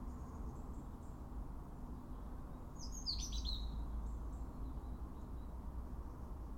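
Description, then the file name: European robin producing a single short, high, tumbling phrase in the middle, otherwise only a steady low drone. "Erithacus rubecula"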